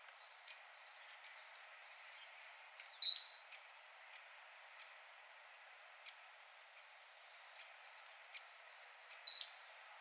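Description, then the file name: Great tit giving two quick bursts of several high, chipping notes each, separated by roughly four seconds of near silence. "Parus major"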